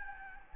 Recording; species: mosquito wingbeat signal from an infrared sensor; Anopheles gambiae